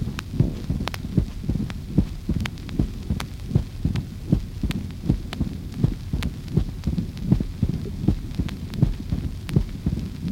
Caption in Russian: Диастолический шум при сужении левого атриовентрикулярного отверстия. Он лучше всего слышен в начале и в конце диастолы, то есть в пресистоле. Пресистолический шум короткий, нарастающий, заканчивающийся первым хлопающим тоном.